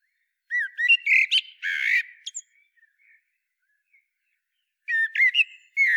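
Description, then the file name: Common blackbird uttering a rich phrase of warbled whistles and a harsh squeal, then a quiet pause before another brief squeaky phrase. "Turdus merula"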